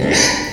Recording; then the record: squeal of a Yucatan mini pig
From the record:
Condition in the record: before surgery on the right vocal fold (resection and tissue-engineered implant); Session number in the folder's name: 2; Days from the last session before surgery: 0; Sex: male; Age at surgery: 12 weeks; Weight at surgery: 13 kg